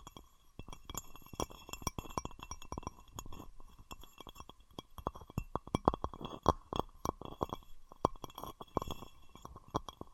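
Glass and plastic being knocked and handled, with a dense, irregular run of sharp clinks and taps throughout the ten seconds. Many hits ring briefly with a bright tone, crowding together most thickly in the second half, over a low rumbling handling noise.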